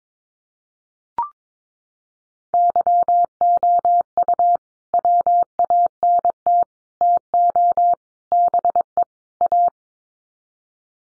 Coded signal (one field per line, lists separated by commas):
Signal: Morse code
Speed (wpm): 22 wpm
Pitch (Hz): 700 Hz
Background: none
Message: YOU WANT TO BE A